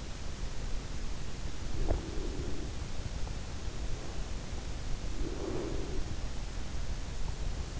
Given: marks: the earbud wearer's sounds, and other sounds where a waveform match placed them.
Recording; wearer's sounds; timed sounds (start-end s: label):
sounds in sleep by an in-ear microphone; breath, teeth grinding
1.51-2.80 s: breath
1.79-2.15 s: teeth grinding
4.87-6.36 s: breath